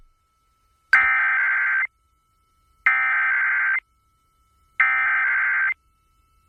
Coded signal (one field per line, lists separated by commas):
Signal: Emergency Alert System (SAME) tones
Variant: header bursts